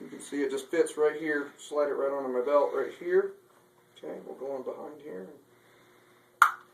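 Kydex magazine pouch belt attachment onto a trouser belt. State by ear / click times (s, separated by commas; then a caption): seated / 6.4 s. Someone talks while sliding a thick Safariland kydex single-magazine pouch onto a trouser belt and pushing it in behind. After a short pause, a single sharp snap is heard at 6.4 s as the pouch seats on the belt with no problems.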